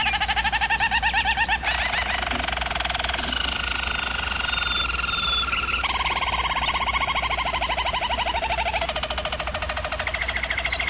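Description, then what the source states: German Roller canary song of fast, pulsing rolls and bubbling trills, switching between lower and higher tours every few seconds, with constant faint background hum. Singing used for canary training.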